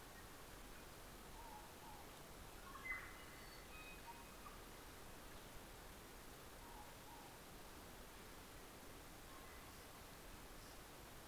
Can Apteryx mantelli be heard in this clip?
no